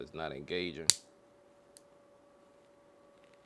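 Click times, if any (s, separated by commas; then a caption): 1.8 s. Someone talks briefly, then a Barracuda Tactical base plate for a Glock 19 magazine is slid onto the pistol magazine body on a renewed attempt. A short, sharp click at 1.8 s marks the base plate engaging and locking in place, and a fainter tap follows near 3.3 s over a quiet background.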